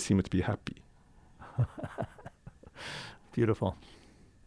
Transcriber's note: laughs